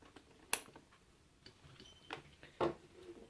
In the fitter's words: to the handset socket on your telephone until you hear a click